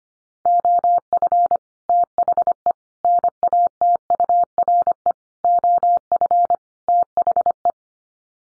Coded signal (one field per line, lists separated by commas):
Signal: Morse code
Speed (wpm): 25 wpm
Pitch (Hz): 700 Hz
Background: none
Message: OF THE NATURE OF THE